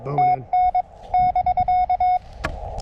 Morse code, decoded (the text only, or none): TN <BK>